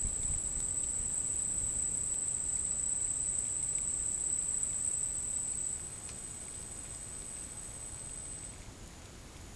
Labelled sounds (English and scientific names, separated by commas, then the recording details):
none
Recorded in dense forest near Puerto Asís, Putumayo, Colombia, on 27 June 2025 at 14:00
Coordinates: 0.503, -76.323
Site G059